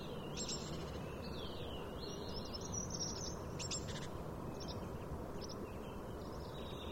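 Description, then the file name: Common chaffinch calls, short high chirps and sweeping notes at irregular intervals over a steady low rumble of background noise. "Fringilla coelebs"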